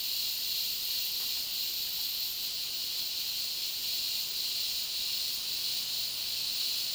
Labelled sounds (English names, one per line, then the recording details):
none
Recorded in dense forest near Puerto Asís, Putumayo, Colombia, on 20 February 2024 at 13:30
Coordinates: 0.499, -76.324
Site G6469